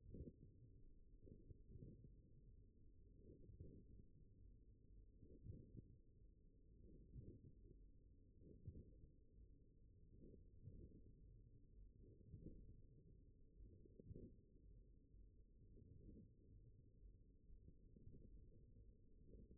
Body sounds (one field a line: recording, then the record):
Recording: forearm muscle sounds (acoustic myography)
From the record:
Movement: wrist extension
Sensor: system 1, eight BSWA MPA416 microphones around the upper forearm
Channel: 5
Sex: male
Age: 42 years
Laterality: right